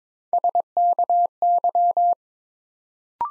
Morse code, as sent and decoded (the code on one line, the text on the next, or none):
... -.- -.--
SKY